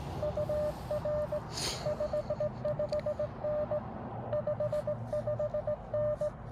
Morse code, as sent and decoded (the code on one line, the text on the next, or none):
..- .-. / ..... ..... -. / ..... ..... -.
UR 55N 55N